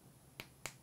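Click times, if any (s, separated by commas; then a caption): 0.4 s, 0.7 s. An ear clip's small 2.5 mm jack plug is pushed into the socket on an EEG headset band until it seats. Two sharp, snap-like clicks sound at 0.4 s and 0.7 s over low background hiss, and the plug is seated.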